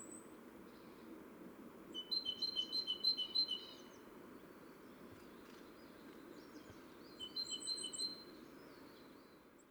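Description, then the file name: Great tit song: two short, faint bursts of quick repeated two-note phrases over a broad steady rumble. "Parus major"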